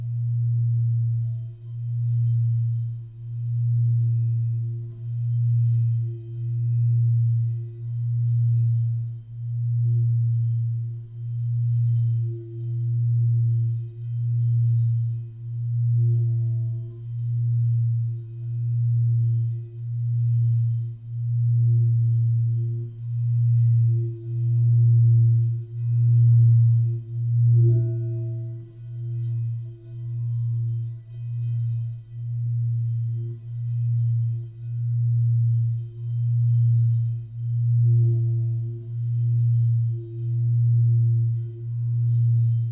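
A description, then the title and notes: A low singing bowl tone hums steadily, swelling and fading in a regular pulse about every one and a half seconds for the whole stretch. A faint higher overtone rings above it, and a soft knock or strike sounds near the middle. Singing Bowl Sound Healing. Tibetan Singing Bowls Sound Bath.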